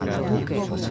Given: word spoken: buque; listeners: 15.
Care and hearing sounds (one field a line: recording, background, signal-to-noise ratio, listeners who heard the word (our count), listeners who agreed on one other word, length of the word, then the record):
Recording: one Spanish word in noise, from a listening test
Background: eight-talker babble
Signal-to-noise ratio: -1.9 dB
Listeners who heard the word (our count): 1 of 15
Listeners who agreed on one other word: 10 of 15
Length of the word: 0.50 s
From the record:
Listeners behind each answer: 10, 1, 1, 1, 1, 1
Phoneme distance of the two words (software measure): 10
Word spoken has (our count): 2 syllables, 4 phonemes, stress on syllable 1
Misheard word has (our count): 2 syllables, 4 phonemes, stress on syllable 1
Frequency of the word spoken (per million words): 11.92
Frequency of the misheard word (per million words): 22.18